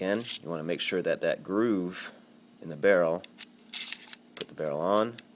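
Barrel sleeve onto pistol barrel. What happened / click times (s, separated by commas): The sleeve is being fitted onto the barrel but has not yet clicked home / none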